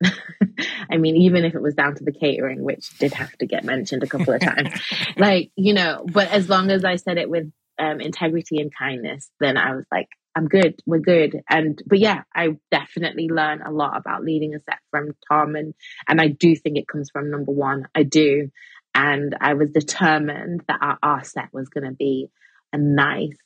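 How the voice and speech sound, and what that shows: One adult speaks fluently at a relaxed conversational pace with clear voice and brief natural pauses; typical speech.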